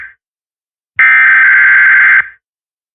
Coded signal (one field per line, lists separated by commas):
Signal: Emergency Alert System (SAME) tones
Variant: header bursts